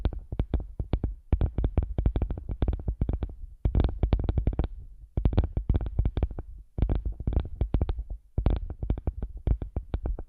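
Muffled tapping and rubbing against a headphone used as a microphone, with quick bursts of dense thumps separated by short pauses. Each flurry lasts about a second, heavy and boomy at the low end with soft crackle above, and the pattern repeats steadily throughout.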